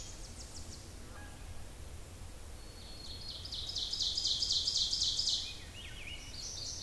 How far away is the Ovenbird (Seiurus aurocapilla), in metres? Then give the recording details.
about 40 m. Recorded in boreal forest in Alberta, Canada, on 26 May 2016 at 07:48. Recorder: SongMeter 3, array SBT-3-15. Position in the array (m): 53 m, 221 m. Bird 20